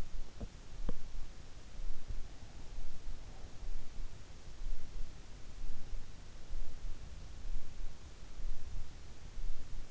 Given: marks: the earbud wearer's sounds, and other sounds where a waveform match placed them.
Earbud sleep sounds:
sounds in sleep by an in-ear microphone; teeth grinding
0.00-1.75 s: teeth grinding

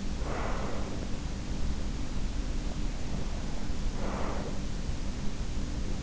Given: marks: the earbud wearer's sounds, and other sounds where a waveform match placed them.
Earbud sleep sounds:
sounds in sleep by an in-ear microphone; breath
0.02-2.51 s: breath
0.10-1.05 s: sound from someone else or the room
3.45-6.03 s: breath
3.97-4.53 s: sound from someone else or the room

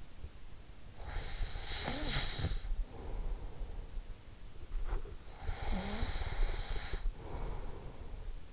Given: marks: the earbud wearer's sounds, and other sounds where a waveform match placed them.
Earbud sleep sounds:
sounds in sleep by an in-ear microphone; snoring breath
1.11-3.95 s: snoring breath
4.82-8.53 s: snoring breath

